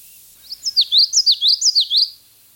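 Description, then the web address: Common yellowthroat singing a rapid series of high, sweet, swooping phrases repeated several times, a rhythmic rolling pattern lasting roughly a second and a half. Recorded in the Chicago region. "Birds of the Chicago Region. Common Yellowthroat"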